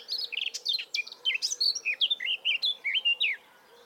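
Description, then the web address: Eurasian blackcap song: a dense, tumbling run of sweet whistled and chattering notes lasting over three seconds, then stopping, with a faint background hum. "SETE data Sylvia atricapilla"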